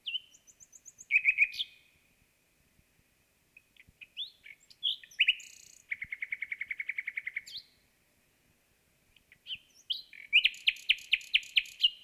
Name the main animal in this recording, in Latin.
Luscinia megarhynchos